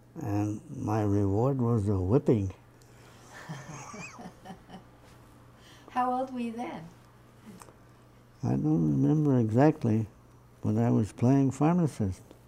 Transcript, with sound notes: and my reward was a whipping. [Laughs]
How old were you then?
I don't remember exactly, but I was playing pharmacist.